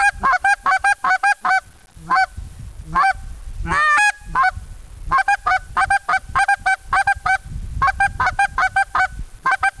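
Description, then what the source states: Goose honking: many short, harmonic-rich calls in quick series with brief pauses, some low rustling beneath. Greeting call.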